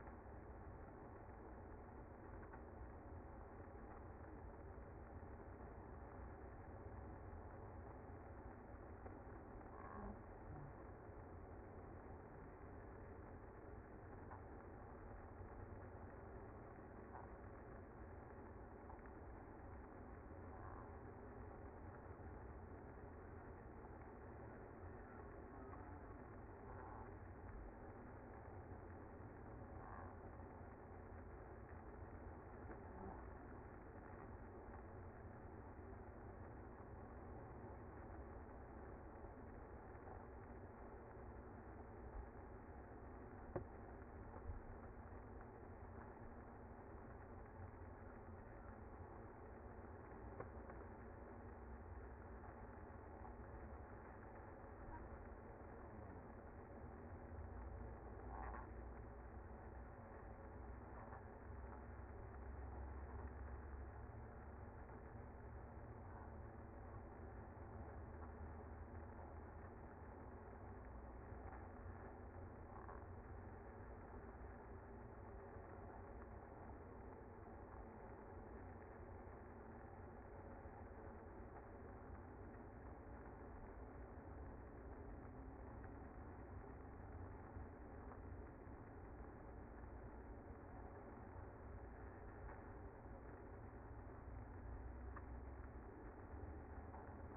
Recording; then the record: honeybee colony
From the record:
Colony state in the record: active